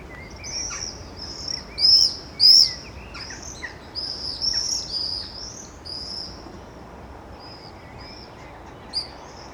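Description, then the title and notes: Birdsong of sharp high chirps, two loud notes close together early on, then softer twittering phrases, with faint background rumble. Chemin sous les Fenêtres, Aurifat, Cordes-sur-Ciel, Albi, Tarn, Occitanie, France; road noise present; recorded with Zoom H6, FetHead and LOM BasicUcho microphone. "Chemin sous les Fenêtres, Aurifat, Cordes-sur-Ciel, Albi, Tarn, Occitanie, France métropolitaine, 81170, France - quiet time with the birds. birdsong , noise from the road"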